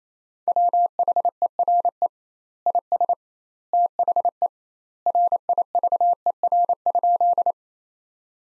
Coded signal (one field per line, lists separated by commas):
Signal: Morse code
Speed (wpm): 28 wpm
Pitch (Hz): 700 Hz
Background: none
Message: WHERE IS THE RIVER?